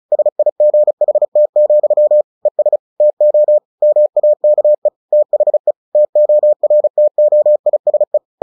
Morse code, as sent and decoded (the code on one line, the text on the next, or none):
... .. --. .... - --..-- / . ... / - --- / -- .- -.- . / - .... . / - --- .-. - --- .. ... .
SIGHT, ES TO MAKE THE TORTOISE